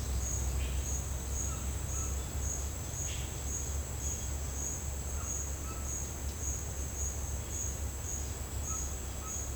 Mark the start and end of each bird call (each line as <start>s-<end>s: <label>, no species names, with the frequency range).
0.56s-0.86s: bird call (1.4-3.7 kHz)
1.49s-2.23s: bird call (0.4-1.8 kHz)
3.03s-3.62s: bird call (1.2-4.3 kHz)
5.10s-5.88s: bird call (0.7-2.2 kHz)
8.69s-9.37s: bird call (0.8-1.8 kHz)